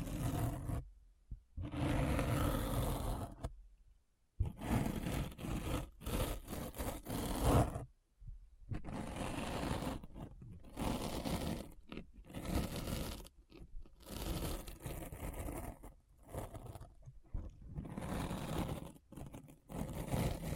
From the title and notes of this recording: ASMR Deep Brain Scratch (No Talking).